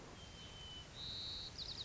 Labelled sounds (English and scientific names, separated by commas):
White-crowned Sparrow (Zonotrichia leucophrys)